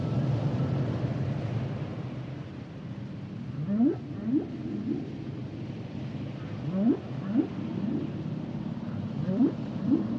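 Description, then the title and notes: Humpback whale sounds: groups of two or three short upswept whoops repeated every few seconds, rising from low to mid pitch, over a heavy low rumble. Humpback whale songs and sounds; males produce complex songs during the winter breeding season; the whales migrate to tropical or subtropical waters to breed and give birth. "the podcast, Sounds of The Humpback whale"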